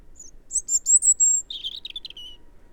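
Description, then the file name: European robin song phrase: a thin, very high twittering run of tinkling notes, then a lower warbled series sliding down, all clear over a quiet background. "Erithacus rubecula"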